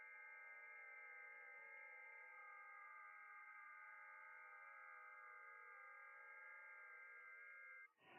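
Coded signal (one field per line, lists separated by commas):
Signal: FT8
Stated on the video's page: Live FT8 and FT4 amateur radio contacts.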